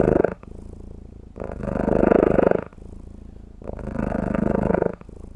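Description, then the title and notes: Domestic cat giving a rhythmic rumbling purr, two full loud phases and the end of another, separated by softer purring. Female pet cat purring on the owner's lap after a big fresh bowl of cat food; described as cold, staring at the owner, and content, a happy growl. "Cold cat purrrin on my lap She staring my down After a big fresh bowl of cat cookies Oh she growl of happyness My pet my cat Purrs On my lap"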